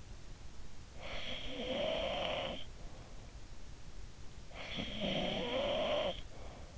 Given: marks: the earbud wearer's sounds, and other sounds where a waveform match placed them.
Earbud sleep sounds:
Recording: sounds in sleep by an in-ear microphone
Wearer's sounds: snoring breath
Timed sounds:
0.42-3.19 s: snoring breath
4.20-6.78 s: snoring breath

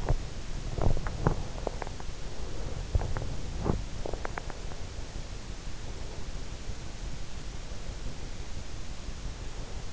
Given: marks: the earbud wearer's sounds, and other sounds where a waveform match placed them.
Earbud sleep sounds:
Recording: sounds in sleep by an in-ear microphone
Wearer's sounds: body movement, breath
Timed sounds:
0.00-4.55 s: body movement
2.34-3.46 s: breath

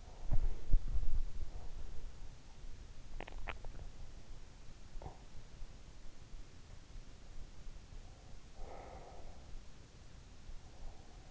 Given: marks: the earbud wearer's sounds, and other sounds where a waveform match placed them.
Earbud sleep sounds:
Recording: sounds in sleep by an in-ear microphone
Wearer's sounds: body movement, swallowing, breath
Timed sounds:
0.00-2.45 s: body movement
2.84-5.29 s: swallowing
8.52-11.31 s: breath

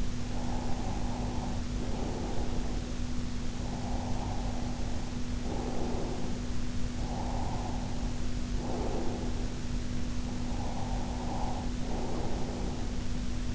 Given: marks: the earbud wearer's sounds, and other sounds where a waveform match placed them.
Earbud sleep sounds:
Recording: sounds in sleep by an in-ear microphone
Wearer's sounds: breath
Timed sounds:
0.38-3.18 s: breath
3.64-6.61 s: breath
7.01-9.98 s: breath
10.27-13.47 s: breath

